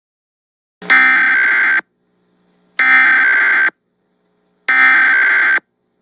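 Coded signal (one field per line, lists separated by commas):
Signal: Emergency Alert System (SAME) tones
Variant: header bursts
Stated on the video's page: Custom recreation of a TV flash flood warning screen for St. Louis; the actual TVs did not sound the alert.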